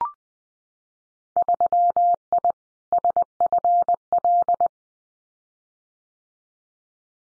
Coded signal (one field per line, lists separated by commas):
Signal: Morse code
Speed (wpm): 20 wpm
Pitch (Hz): 700 Hz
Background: none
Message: 3I SFL